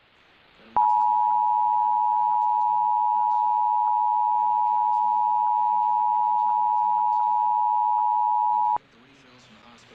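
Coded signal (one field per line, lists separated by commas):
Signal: Emergency Alert System (SAME) tones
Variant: 853 and 960 Hz attention tone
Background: speech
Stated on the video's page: Required monthly test on a digital TV subchannel.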